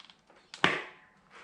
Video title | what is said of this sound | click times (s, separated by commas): Miele TRIFlex HX2 PRO vacuum Review | and push it in until it clicks | 0.6 s